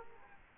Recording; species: mosquito wingbeat signal from an infrared sensor; Culex quinquefasciatus